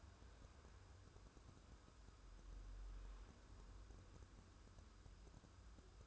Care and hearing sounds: daily activity, microphone in the room; wipe stove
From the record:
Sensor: 2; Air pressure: 1015.0 hPa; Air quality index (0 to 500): 44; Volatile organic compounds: 1 ppm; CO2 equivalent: 602 ppm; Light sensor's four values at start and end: 13/35/13/15 and 13/35/13/15

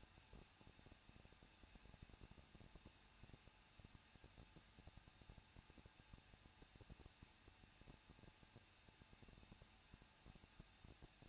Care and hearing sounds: daily activity, microphone in the room; no activity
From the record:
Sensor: 2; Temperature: 21.0 degrees Celsius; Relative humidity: 37.4%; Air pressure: 1006.2 hPa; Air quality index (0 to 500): 222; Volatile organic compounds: 24 ppm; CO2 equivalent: 2808 ppm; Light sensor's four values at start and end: 2/3/2/2 and 2/3/2/2

